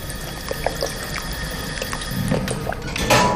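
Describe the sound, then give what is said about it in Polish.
Water from a portable floating pump, drawn through hoses placed in a pool, pours steadily into a tank with a continuous rushing hiss, broken by scattered splashes and drips. The flow grows louder and fuller toward the end. No one speaks. “Pompujemy swoją pompą taką przenośną, pływającą.”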